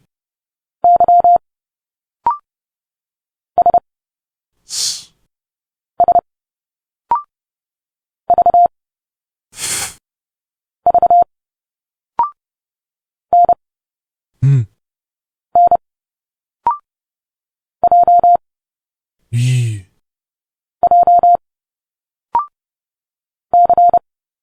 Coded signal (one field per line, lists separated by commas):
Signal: Morse code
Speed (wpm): 30 wpm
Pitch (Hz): 700 Hz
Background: none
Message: Y S S V V N N J J C